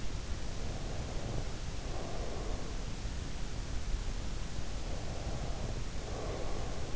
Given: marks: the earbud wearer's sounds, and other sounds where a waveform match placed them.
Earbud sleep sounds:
sounds in sleep by an in-ear microphone; breath
0.40-2.86 s: breath
4.60-6.96 s: breath

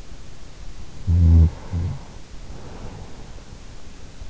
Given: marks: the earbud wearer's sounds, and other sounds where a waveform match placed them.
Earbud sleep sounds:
sounds in sleep by an in-ear microphone; snoring breath
0.88-3.22 s: snoring breath

